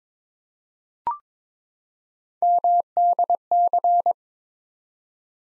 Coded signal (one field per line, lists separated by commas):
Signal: Morse code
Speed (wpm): 21 wpm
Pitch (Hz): 700 Hz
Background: none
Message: MDC